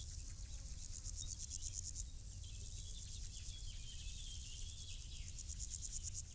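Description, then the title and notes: High, rapidly pulsed insect stridulation in repeated bursts, with faint thin chirps and a steady low hum beneath. Insects stridulating in grass on île Gabriel, Brangues, France; sunny summer afternoon, June 2021; two small Lom Usi Pro capsules in stereo AB placed in the grass, SD MixPre 6. "île Gabriel - Brangues, France - Bourdons et crissements estivaux. Une après-midi ensoleillée sur l'île Gabriel. en juin 2021. je dépose deux petites capsules dans l'herbe afin de capter les stridulations des insectes à cette saison"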